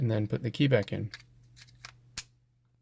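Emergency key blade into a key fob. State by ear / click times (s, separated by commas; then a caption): seated / 2.2 s. Someone talks briefly while sliding the metal emergency key blade back into a Honda smart key fob. A faint tick follows at 1.9 s, then a sharp click at 2.2 s as the blade latches and seats in the fob, with a low steady hum underneath.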